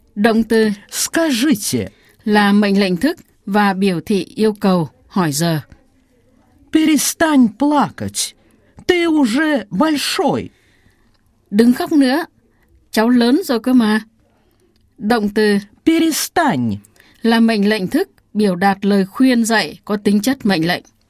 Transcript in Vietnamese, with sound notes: Động từ СКАЖИТЕ là mệnh lệnh thức và biểu thị yêu cầu. ПЕРЕСТАНЬ ПЛАКАТЬ, ТЫ УЖЕ БОЛЬШОЙ! (Ngừng) Đừng khóc nữa, con (cháu…) lớn rồi cơ mà! Động từ ПЕРЕСТАНЬ là mệnh lệnh thức, biểu đạt lời khuyên dạy có tính chất mệnh lệnh.